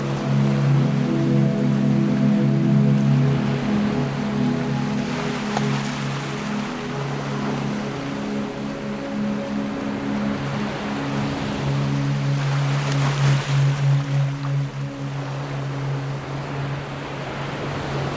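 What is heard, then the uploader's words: Soft ambient music with steady low sustained tones blends with ocean waves, whose wash swells gently around five and thirteen seconds. The 40hz gamma binaural waves in this soothing ambient music has been blended with ocean waves. Music with Ocean Waves.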